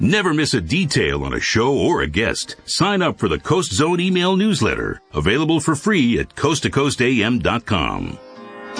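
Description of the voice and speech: One adult man reads a short radio promo in a clear, fluent, evenly paced voice with steady mid-range pitch and only brief pauses between phrases. Articulation is crisp and the voice sounds smooth, consistent with ordinary, healthy speech.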